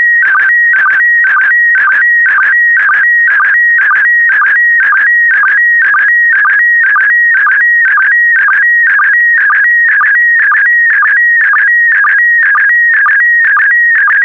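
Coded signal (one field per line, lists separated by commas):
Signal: SSTV (slow-scan television)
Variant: PD120 mode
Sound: warbling, stepping electronic tone with a steady rhythmic chirp about twice a second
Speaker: three two one it so transmission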